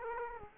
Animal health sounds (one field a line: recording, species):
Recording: mosquito wingbeat signal from an infrared sensor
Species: Aedes aegypti